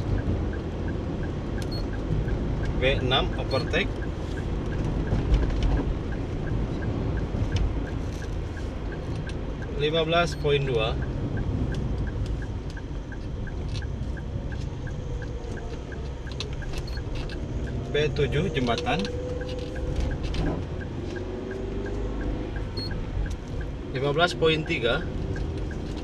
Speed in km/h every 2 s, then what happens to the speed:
47, 45, 44, 40, 40, 39, 39, 38, 36, 34, 34, 34, 36.
0-18 slows to 34. 18-26 steady at about 34.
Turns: none.